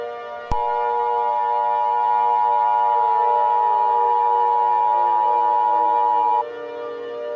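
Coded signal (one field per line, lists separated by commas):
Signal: Emergency Alert System (SAME) tones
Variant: 853 and 960 Hz attention tone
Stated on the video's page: Fictional EAS scenario made by a fan, not a real alert.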